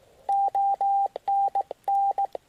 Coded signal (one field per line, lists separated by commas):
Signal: Morse code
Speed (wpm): 17 wpm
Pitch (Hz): 790 Hz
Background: none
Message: ONN